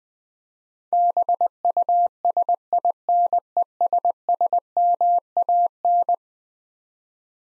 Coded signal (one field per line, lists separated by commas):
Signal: Morse code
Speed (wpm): 20 wpm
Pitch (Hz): 700 Hz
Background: none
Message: BUSINESSMAN